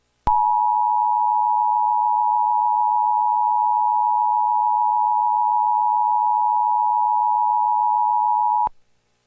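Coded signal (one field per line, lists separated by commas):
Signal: Emergency Alert System (SAME) tones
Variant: 853 and 960 Hz attention tone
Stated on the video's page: Fictional EAS scenario of Nebraska flash floods.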